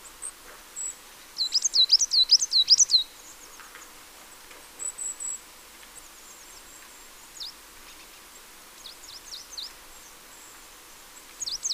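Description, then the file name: Marsh tit calling: a quick burst of several high, looping chirps, then scattered thin, fainter notes and short sharp ticks across the rest. "Poecile palustris"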